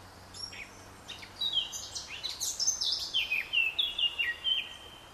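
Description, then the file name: Eurasian blackcap song: a quiet scratchy warble that builds into a run of loud, clear fluted whistles, each note dropping slightly in pitch, over steady background hiss. "Sylvia atricapilla"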